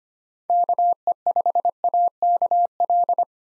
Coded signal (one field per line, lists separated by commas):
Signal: Morse code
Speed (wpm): 25 wpm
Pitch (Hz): 700 Hz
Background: none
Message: KE5AKL